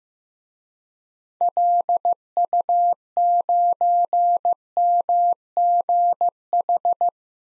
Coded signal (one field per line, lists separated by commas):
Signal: Morse code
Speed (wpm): 15 wpm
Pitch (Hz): 700 Hz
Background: none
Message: LU9MGH